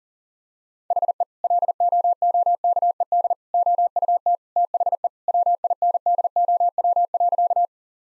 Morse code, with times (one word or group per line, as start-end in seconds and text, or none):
0.9-1.2 HE
1.4-3.3 LOOKED
3.5-4.3 OUT
4.6-5.1 THE
5.3-7.7 WINDOW.